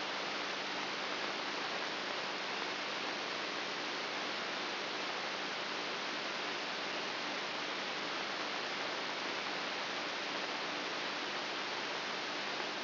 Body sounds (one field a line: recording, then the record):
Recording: brain microelectrode recording played as sound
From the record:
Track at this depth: inside the subthalamic nucleus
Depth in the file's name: 5.24 mm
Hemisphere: right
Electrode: 3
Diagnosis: Parkinson's disease